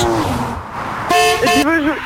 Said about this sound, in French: Klaxon avec la Porsche.